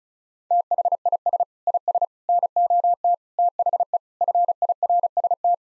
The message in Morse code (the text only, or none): THIS IS NOT THE FIRST